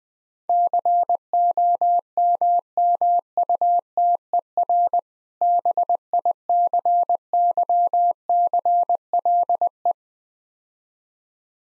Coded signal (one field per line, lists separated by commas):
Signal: Morse code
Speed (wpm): 20 wpm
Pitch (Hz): 700 Hz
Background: none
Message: COMMUTER BICYCLE